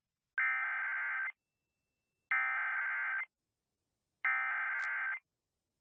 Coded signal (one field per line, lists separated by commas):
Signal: Emergency Alert System (SAME) tones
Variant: header bursts